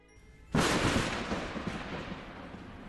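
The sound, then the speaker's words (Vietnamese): A single sudden, violent thunderclap from lightning striking the back garden cracks open across the whole range, shaking the whole house, then rumbles on loudly and slowly fades with no voices present. “một tiếng sét đánh như trời long đất nở phía sân sau vườn. Tiếng sấm tiếng sét khiến cho cả ngôi nhà như trao đảo.”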